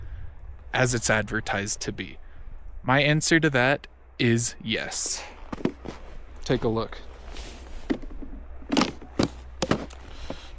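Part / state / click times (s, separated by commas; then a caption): snowboard boot toe cleats into step-on binding / seated / 8.8 s, 9.6 s. A snowboard boot's toe-side cleats are stepped into a step-on snowboard binding while the rider stands, snapping into the binding's plastic and metal hooks. Someone talks first, then two sharp clicks are heard at about 8.8 s and 9.6 s. The boot toe is seated and locked in.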